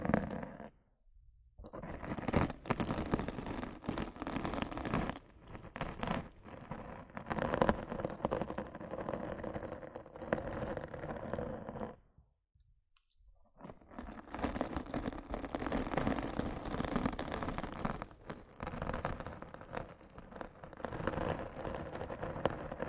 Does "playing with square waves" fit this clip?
no